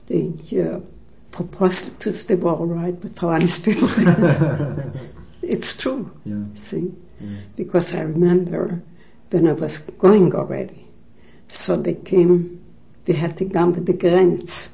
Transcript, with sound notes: They put prostitutes, they were all right but people. ( they laugh ) It's true. See? Because I remember when I was going already, so they came, they had to come with the granites.